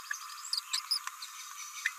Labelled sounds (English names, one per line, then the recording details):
Green-rumped Parrotlet babbling
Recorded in a nest box in Venezuela
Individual 18B17A4